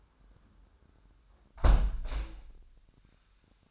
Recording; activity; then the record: daily activity, microphone in the room; close window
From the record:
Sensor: 2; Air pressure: 998.5 hPa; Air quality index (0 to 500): 128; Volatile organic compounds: 3 ppm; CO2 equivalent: 1448 ppm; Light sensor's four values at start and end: 6/15/6/7 and 6/15/6/6